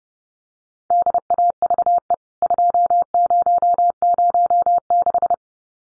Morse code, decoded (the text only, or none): DAVE 2006